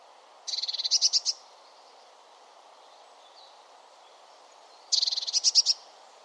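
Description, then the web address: Bird giving two buzzy, rattling bursts of rapid high pulses, each lasting under a second, about four seconds apart, over a low steady hiss. "Deverinetal 2025 File origin Bird Only Cy Ca"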